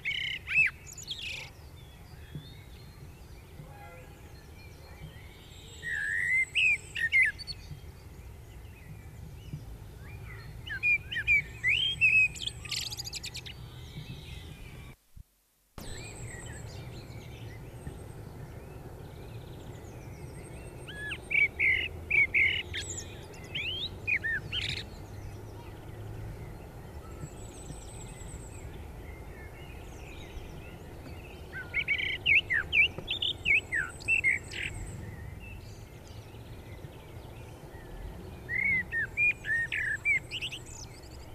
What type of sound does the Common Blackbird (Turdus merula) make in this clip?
song